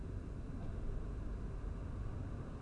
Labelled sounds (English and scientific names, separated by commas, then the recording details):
none
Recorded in Germany
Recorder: ecoPi